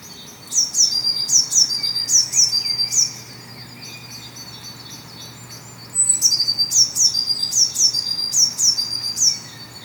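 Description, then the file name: Eurasian blue tit calls: bursts of high, sharp descending notes with buzzy tails, in two runs of several notes each, separated by a quiet gap. "Cyanistes caeruleus"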